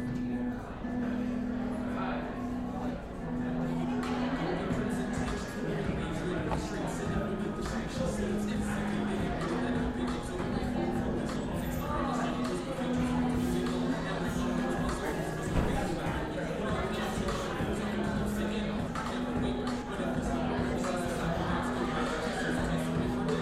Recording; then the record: background sound without coughing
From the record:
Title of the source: 60 minutes of coffee shop sounds for study and concentration